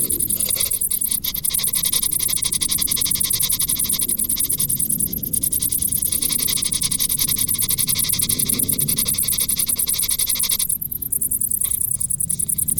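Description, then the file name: Cricket calls as fast, even, high-pitched pulses over a rushing noise in the lower range. "Grillen"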